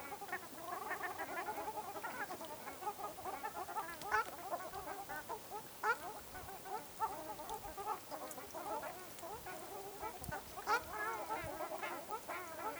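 Ruddy shelducks calling in a group, a steady chatter of nasal honks and yelping notes overlapping throughout.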